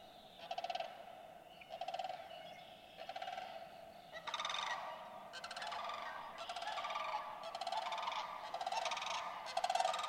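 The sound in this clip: Sandhill crane calls: rolling, trilled bugles repeated about once a second in a steady series.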